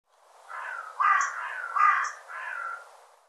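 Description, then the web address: Bird giving several rough, hoarse caws. "cianscape birddata"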